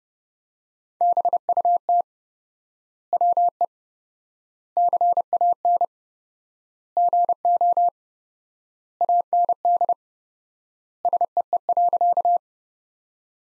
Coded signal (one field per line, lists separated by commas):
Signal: Morse code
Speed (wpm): 32 wpm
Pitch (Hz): 700 Hz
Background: none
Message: BUT WE CAN GO AND SEE.